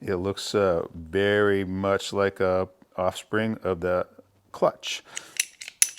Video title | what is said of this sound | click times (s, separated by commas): CMC CAPTO | two clicks open it up | 5.4 s, 5.8 s